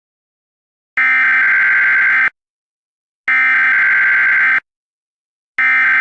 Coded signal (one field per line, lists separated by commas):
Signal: Emergency Alert System (SAME) tones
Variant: header bursts